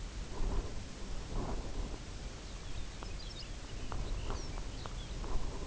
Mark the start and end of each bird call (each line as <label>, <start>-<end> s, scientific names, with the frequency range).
Calcarius lapponicus (1.7-6.6 kHz), 2.25-5.25 s